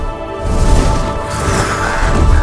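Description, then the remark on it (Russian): A window's glass shatters as a winged figure flies out through it, breaking through a loud, sustained swell of orchestral music, with a bright crash in the middle followed by a wash of crunching, rumbling noise. “и вылетает, разбив окно вслед за вороном Диавалем. Стекло разбивается.”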